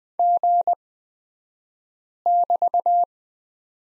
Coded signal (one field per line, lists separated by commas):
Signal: Morse code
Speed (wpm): 20 wpm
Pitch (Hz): 700 Hz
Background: none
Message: G<BT>